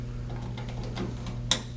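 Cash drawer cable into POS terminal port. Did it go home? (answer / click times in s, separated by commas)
yes / 1.5 s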